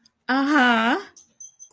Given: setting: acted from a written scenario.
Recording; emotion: vocal sound without words; pride